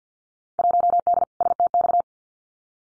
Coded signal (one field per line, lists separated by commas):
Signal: Morse code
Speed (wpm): 50 wpm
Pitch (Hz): 700 Hz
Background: none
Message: 1D STX